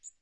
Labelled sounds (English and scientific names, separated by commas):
Magnolia Warbler (Setophaga magnolia) flight call